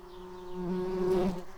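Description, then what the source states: Tree bumblebee buzzing, a steady low drone with layered harmonics that grows louder partway through. Workers.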